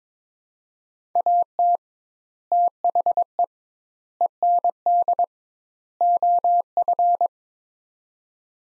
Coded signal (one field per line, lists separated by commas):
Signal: Morse code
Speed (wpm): 21 wpm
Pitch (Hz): 700 Hz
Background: none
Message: AT THE END OF